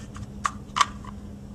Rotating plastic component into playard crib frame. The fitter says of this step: then pushing it down into place, and it'll snap into place. There we go.